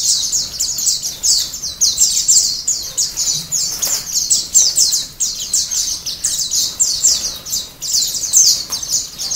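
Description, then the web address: White-eyes in a dense chorus of high, thin, twittering chirps that overlap continuously with no break, many birds singing at once. Ombyokan-style chorus of many white-eyes singing together, from a masteran (training) recording for cage birds. "pleci ombyokan. masteran pleci"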